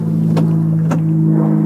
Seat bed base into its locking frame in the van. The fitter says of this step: we pull that and rotate the base all the way up and over that locks